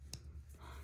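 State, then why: Seated. A plastic battery cover is popped back onto a Chevy/Buick/GMC flip key fob housing after a new coin battery is inserted. A single short, sharp click is heard at 0.1 s over a low background hum. The cover is seated back in place.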